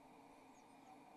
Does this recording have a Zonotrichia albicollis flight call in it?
no